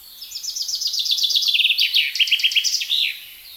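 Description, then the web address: Common chaffinch song, a quick run of high repeated notes dropping in pitch, then a louder, rattling mid-section and a final downward flourish, almost filling the short recording. "SETE Fringilla coelebs"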